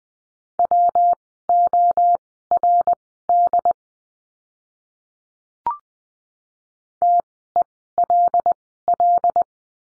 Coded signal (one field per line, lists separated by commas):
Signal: Morse code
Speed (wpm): 20 wpm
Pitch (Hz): 700 Hz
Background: none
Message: WORD TELL